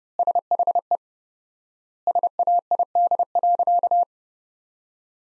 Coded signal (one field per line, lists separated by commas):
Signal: Morse code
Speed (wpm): 30 wpm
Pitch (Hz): 700 Hz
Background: none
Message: SHE SAID.